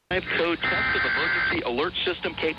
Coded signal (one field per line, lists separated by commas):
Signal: Emergency Alert System (SAME) tones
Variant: header bursts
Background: speech